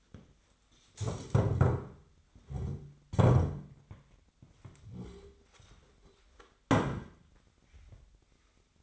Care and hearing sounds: daily activity, microphone in the room; stand up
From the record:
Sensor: 3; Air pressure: 1007.7 hPa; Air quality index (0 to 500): 193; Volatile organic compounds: 14 ppm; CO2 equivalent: 2475 ppm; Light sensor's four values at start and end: 12/28/12/12 and 12/28/12/12

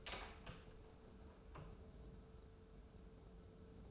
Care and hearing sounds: daily activity, microphone in the room; open door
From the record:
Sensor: 2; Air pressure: 1015.0 hPa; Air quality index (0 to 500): 121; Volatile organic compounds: 4 ppm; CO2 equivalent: 1553 ppm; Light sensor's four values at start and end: 13/35/14/15 and 13/35/14/15

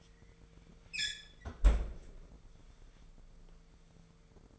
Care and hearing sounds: daily activity, microphone in the room; close fridge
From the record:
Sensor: 5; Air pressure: 1015.0 hPa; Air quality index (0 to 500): 184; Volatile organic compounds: 7 ppm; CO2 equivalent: 2014 ppm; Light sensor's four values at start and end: 51/120/49/52 and 49/113/48/50

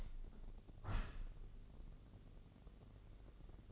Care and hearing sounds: daily activity, microphone in the room; open window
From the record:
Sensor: 4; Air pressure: 1013.1 hPa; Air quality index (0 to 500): 167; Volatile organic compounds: 2 ppm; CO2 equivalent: 1054 ppm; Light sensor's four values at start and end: 38/94/38/38 and 38/93/38/39

